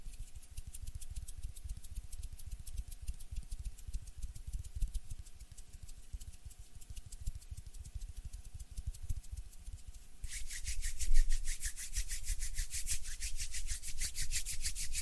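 Hands rub together in quick, even strokes, a steady back-and-forth swish repeating several times a second. Just past ten seconds the rubbing turns harder and brighter, grows louder, and keeps that pace to the end.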